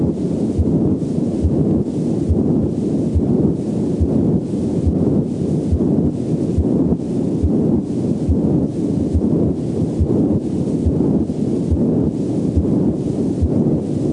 Over the entire left, first, and second intercostal spaces. Its intensity is variable and is correlated roughly with the ductus size. The murmur reaches maximum intensity late in systole and fades during diastole. It has a rough, machinery-like, high-pitched sound that can be heard equally well with the bell or diaphragm of the stethoscope. It begins with, or shortly after, a normal S1, and disappears just before the next S1. A patent ductus arteriosus murmur.